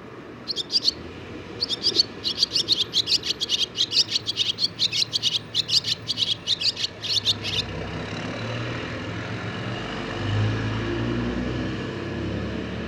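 Barn swallow pouring out a fast string of crisp twittering notes for several seconds, then falling silent while low rumbling noise continues.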